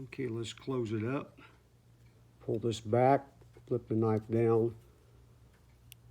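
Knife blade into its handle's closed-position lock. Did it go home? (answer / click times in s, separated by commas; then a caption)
yes / 5.9 s. Someone talks while pulling back the release on a new 9-inch Frank B automatic stiletto knife from Italy and folding its steel bayonet blade down into the stag-horn handle. A single sharp click at 5.9 s marks the blade snapping closed into its lock.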